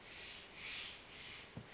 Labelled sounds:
Steller's Jay

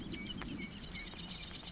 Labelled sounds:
Marsh Wren

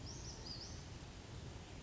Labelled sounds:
Western Flycatcher

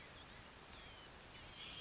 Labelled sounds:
Blue-gray Gnatcatcher

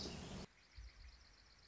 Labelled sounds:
Dark-eyed Junco

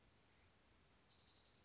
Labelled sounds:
Orange-crowned Warbler

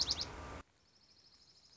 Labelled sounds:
Dark-eyed Junco

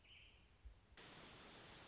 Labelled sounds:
American Robin

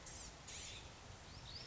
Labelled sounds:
Blue-gray Gnatcatcher

